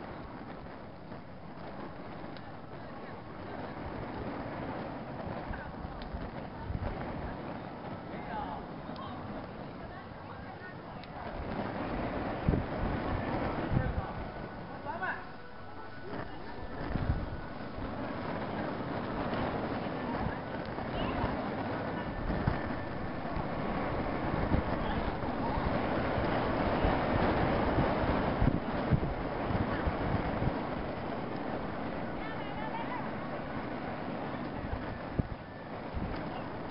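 Wind gusts buffet candle flames outside a mountaintop temple, a steady low rumble with rising surges, faint voices and crowd murmur throughout.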